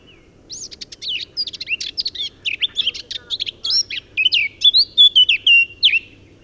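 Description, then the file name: Eurasian blackcap song: a quiet, scratchy warble of rapid notes building into loud, clear fluting whistles that fall in pitch at the end. "Sylvia atricapilla"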